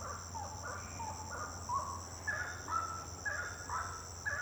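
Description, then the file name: Bird song: short whistled notes repeated about once a second, over a steady high drone. Birds singing at night, intense song. "Passaros cantando a noite canto intenso"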